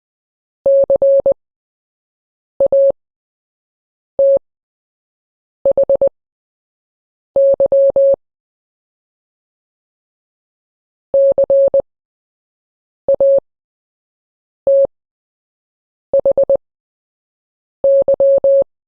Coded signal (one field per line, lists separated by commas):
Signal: Morse code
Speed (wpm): 20 wpm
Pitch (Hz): 550 Hz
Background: none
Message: CATHY CATHY